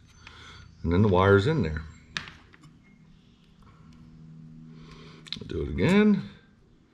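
A crimped wire terminal is handled at an engine sensor connector plug for a Cat C-15 as the second wire is readied to go in, with short handling ticks and taps between bursts of someone talking. Nothing has seated or clicked yet.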